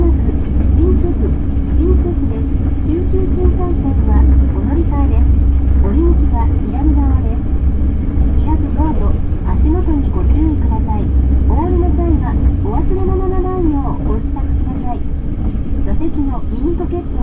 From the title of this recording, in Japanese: 鉄道旅 佐賀→博多→中洲川端→呉服町